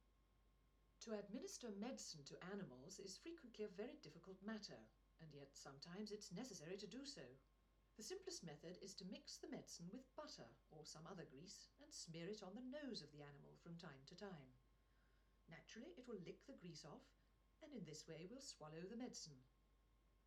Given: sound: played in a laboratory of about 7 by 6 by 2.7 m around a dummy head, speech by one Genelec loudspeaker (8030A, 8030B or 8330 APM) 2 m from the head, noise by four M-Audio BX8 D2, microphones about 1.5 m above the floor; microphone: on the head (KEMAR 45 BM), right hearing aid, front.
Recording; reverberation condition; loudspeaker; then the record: female speech in English; low; 120 degrees to the right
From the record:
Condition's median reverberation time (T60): about 310 ms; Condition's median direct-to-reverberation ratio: about 3.5 dB